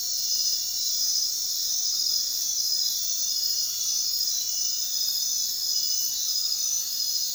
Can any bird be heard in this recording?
no